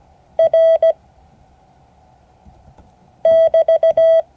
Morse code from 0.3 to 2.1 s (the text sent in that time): R